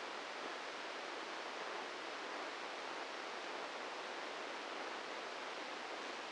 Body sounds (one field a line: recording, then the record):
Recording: brain microelectrode recording played as sound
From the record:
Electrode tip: inside the subthalamic nucleus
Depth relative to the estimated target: -2 mm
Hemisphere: left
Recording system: NeuroSet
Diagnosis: Parkinson's disease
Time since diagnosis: 8 years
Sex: male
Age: 46 years